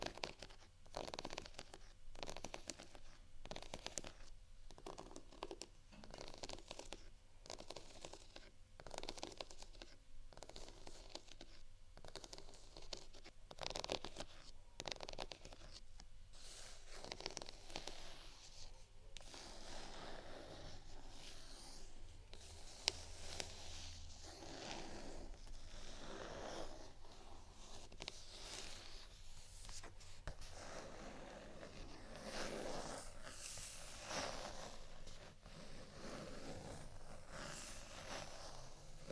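Scratching and tapping on textured items, with a beat of regular bright strokes repeating about every second through the first twenty seconds. Later the scratches blur into a denser, hissier rasp with fewer clear hits, over a faint low hum throughout.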